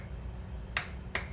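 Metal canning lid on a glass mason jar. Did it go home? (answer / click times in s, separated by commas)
partly / 0.8 s, 1.2 s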